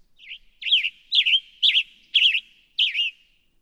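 Western tanager song: a run of six husky, buzzy phrases rising and falling, spaced about half a second apart, otherwise quiet.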